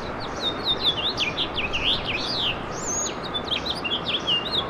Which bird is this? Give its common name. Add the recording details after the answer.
House Finch. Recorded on Long Island, New York, on 24 April 2012. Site AS. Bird A